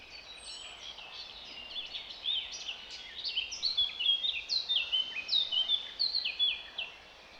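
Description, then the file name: Eurasian blackcap song: quiet chattering notes that build into a louder, clearer run of fluty, slurred whistles in the second half, with steady background hiss. "Sylvia atricapilla"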